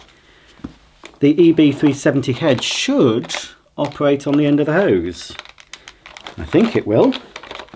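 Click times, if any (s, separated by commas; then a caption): none. An EB370 powered floor head is handled and fitted onto the end of a Vorwerk Kobold vacuum cleaner hose while someone talks, with short plastic knocks and rattles between phrases. Nothing has seated or clicked into place yet.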